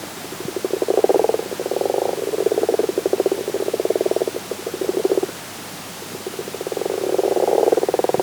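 Frog giving rapid, rattling croak bursts that start and stop, with a quiet pause in the second half before the calling resumes.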